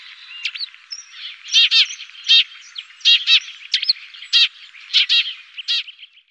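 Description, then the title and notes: Eurasian tree sparrow song: loud stacked chirps mixed with softer twitters and chattering notes in a busy jumble. "canto gorrión molinero"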